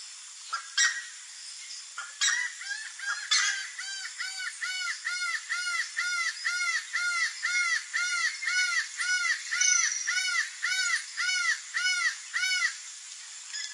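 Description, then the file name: Laughing falcon song, a few scattered harsh calls, then a steady run of arched, harmonic 'wah' notes about two per second, over constant high background hiss. "canto do acaua"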